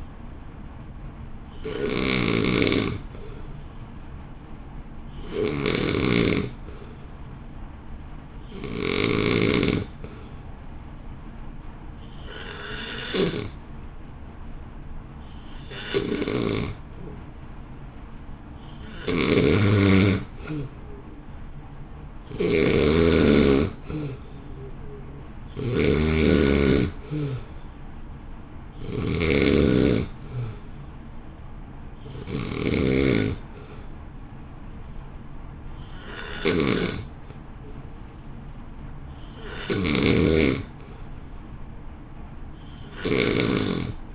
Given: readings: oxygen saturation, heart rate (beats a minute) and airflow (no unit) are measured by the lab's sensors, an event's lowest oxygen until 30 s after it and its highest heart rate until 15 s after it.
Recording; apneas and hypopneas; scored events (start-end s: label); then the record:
breathing in sleep by a smartphone at the bedside; 1
8.00-20.40 s: hypopnea (N2, oxygen 90% highest, then 87% lowest, heart rate 57 at the start, 59 highest)
From the record:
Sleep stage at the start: N2 (light sleep); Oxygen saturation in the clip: 87 to 90%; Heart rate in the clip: 55 to 59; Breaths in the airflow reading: 16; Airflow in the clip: -1.7 to 1.3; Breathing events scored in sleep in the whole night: 328 in 6.3 hours asleep